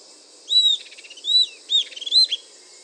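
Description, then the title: Southern antpipit calling with thin, high, arched whistles broken by rapid rattling pulses. "LuckyPassaro Completos2Sama. Southern Antpipit (Corythopis delalandi)"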